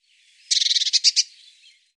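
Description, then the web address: Bird producing one brief, rasping burst of about ten rapid, high-pitched pulses that swells slightly then fades, with nothing else audible. "cianscape birddata Deverinetal 2025 File cleaned normalized Bird Cy Ca"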